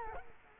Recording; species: mosquito wingbeat signal from an infrared sensor; Culex quinquefasciatus